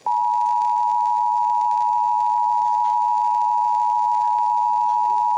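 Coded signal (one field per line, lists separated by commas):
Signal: Emergency Alert System (SAME) tones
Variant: 853 and 960 Hz attention tone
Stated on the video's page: IPAWS weekly test received from FM radio station 105.9 in Phillipsburg.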